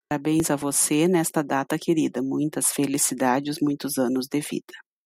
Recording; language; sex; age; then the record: short text; Brazilian Portuguese; female; 40 to 49 years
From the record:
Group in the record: control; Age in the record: 47 years